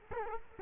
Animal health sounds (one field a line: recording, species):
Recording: mosquito wingbeat signal from an infrared sensor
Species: Culex quinquefasciatus